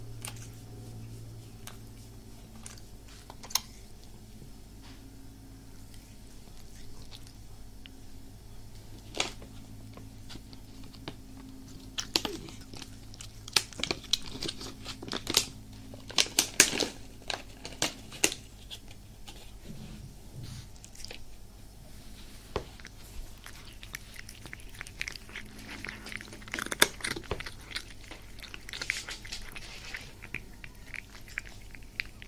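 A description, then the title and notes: Cats cuddling and kneading, with a low steady purr-like rumble running underneath most of the recording. Soft rustling, scratching and brief clicks come in irregular bursts, busiest between about 12 and 18 seconds and again around 27 seconds. ASMR with my cats massaging, purring, cuddling.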